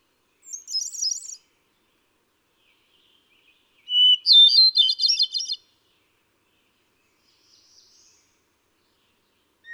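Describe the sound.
Hermit thrush song: a high, silvery flourish of fluttering notes, then a second phrase opening with a pure held whistle before a tumbling, echoing cascade; a faint wisp follows.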